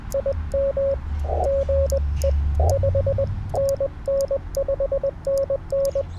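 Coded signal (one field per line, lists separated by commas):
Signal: Morse code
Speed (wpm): 19 wpm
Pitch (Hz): 550 Hz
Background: radio noise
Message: IM GE 5NN 5NN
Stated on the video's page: CW Parks on the Air activation sent on a tiny, lightweight, light-touch M7 key.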